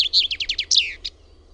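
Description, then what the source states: Common chaffinch song: a quick series of bright notes, then a downward-sliding flourish and a final short note, lasting about one second. Recorded in Finland.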